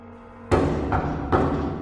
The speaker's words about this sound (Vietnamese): Tiếng gõ cửa bên ngoài ngưng lại một chút, tựa hồ như đang đợi hồi đáp, rồi lại vang lên ba tiếng.